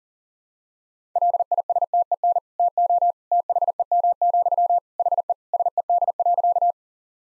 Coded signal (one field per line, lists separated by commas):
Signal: Morse code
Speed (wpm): 40 wpm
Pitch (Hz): 700 Hz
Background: none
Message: LISTEN TO THEM, HE SED.